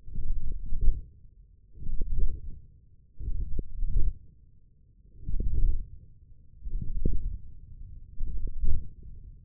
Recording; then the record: forearm muscle sounds (acoustic myography)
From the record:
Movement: ulnar deviation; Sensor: system 1, eight BSWA MPA416 microphones around the upper forearm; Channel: 5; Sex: male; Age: 20 years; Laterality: left